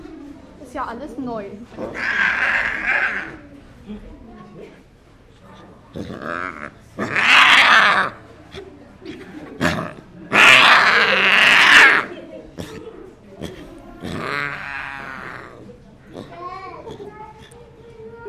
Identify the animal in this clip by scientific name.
Panthera tigris